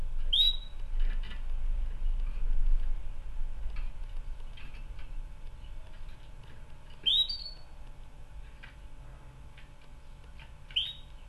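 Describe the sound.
Canary call notes: a few short, bright whistled notes at irregular gaps, with faint ticking clicks and a low background rumble.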